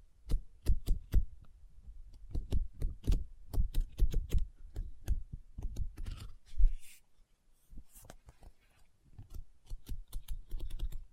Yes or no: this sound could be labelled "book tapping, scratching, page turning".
yes